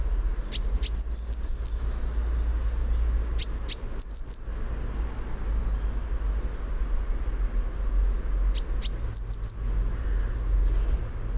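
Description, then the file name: Eurasian blue tit giving three separated bursts of high, thin notes that step down into a short trill of lower notes. A low background hum runs throughout. "Cyanistes caeruleus"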